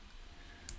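A plastic model kit part is pushed into its socket, and a small, sharp click is heard at 0.7 seconds over a low background hum. The part goes only partway in, feels a little tight, and has not popped fully into place.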